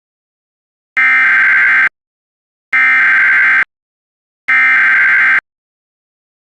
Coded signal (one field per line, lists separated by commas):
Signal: Emergency Alert System (SAME) tones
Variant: header bursts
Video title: EAS Mock: been a bit of a long time